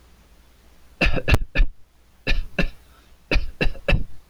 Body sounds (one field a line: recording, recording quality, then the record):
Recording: shallow voluntary cough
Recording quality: moderate, slight background noise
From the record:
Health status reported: healthy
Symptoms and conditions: none ticked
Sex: male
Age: 28 years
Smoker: not ticked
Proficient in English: yes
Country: United States